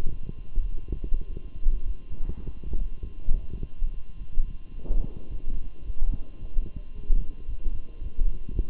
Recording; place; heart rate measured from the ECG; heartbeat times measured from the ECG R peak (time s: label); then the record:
heart sounds by stethoscope; between the tricuspid and mitral areas; 107 bpm
0.09 s: heartbeat
0.68 s: heartbeat
1.26 s: heartbeat
1.84 s: heartbeat
2.42 s: heartbeat
3.00 s: heartbeat
3.59 s: heartbeat
4.16 s: heartbeat
4.73 s: heartbeat
5.29 s: heartbeat
5.84 s: heartbeat
6.39 s: heartbeat
6.93 s: heartbeat
7.47 s: heartbeat
8.00 s: heartbeat
8.53 s: heartbeat
From the record:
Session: walking at 3.7 km/h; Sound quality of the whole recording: good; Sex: male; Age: 23 years